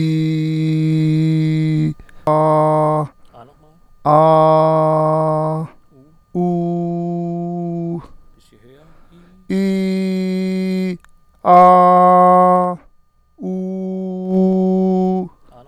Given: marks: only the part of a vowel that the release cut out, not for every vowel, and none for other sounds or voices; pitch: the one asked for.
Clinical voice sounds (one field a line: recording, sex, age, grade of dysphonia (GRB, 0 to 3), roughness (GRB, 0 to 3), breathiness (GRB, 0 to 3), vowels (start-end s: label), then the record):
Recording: sustained vowels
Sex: male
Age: 40 to 49 years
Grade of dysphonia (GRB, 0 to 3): 0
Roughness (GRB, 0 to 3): 0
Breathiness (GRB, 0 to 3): 0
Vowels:
0.00-1.76 s: vowel /i/, normal pitch
4.21-5.53 s: vowel /a/, normal pitch
6.50-7.87 s: vowel /u/, normal pitch
9.60-10.84 s: vowel /i/, high pitch
13.57-15.12 s: vowel /u/, high pitch
From the record:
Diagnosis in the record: healthy voice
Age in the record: 40 years